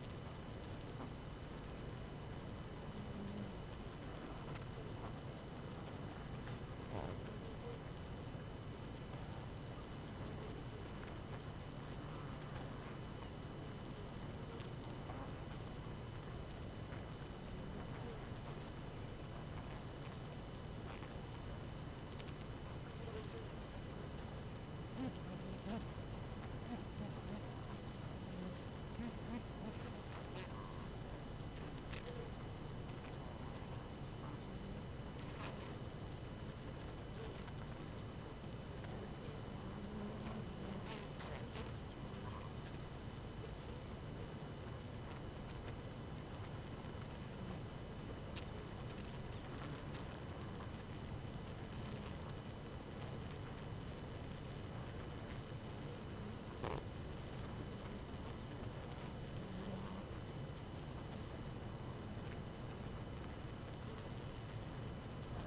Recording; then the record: honeybee colony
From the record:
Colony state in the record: active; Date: 12 June 2018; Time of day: 4:28